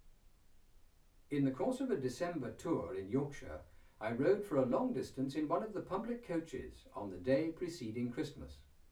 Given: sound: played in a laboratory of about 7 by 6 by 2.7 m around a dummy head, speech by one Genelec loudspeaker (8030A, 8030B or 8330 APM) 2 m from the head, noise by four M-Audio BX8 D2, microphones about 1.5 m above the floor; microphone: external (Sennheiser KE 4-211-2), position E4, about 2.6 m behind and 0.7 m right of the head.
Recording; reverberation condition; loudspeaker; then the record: male speech in English; low; 60 degrees to the left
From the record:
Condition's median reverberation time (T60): about 310 ms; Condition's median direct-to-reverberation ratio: about 3.5 dB